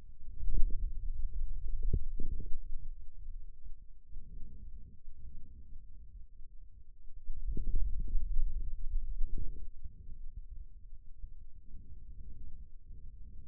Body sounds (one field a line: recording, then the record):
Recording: forearm muscle sounds (acoustic myography)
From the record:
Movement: hand closing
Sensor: system 2, bracelet of six BSWA MPA416 microphones around the upper forearm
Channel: 1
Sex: male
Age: 22 years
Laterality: right